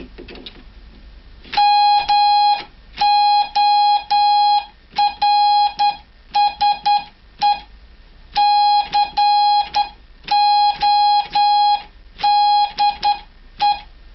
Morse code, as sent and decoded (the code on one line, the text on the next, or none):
-- --- .-. ... . / -.-. --- -.. .
MORSE CODE